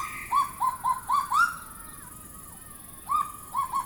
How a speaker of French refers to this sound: Ma première nuit me renvoie 20 ans en arrière, au moment des événements. Dans ce climat de guerre civile, j'entends le cagou m'appeler.